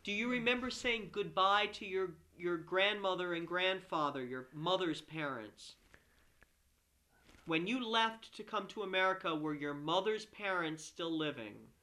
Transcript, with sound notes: Do you remember saying goodbye to your grandmother and grandfather? Your mother's parents? [pause] When you left to come to America, were your mother's parents still living?